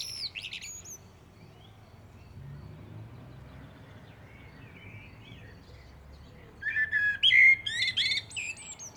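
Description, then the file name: Common blackbird song phrase near the end, flutey whistles with high twittering, after a long quiet stretch and a brief high fragment at the start. "Turdus merula"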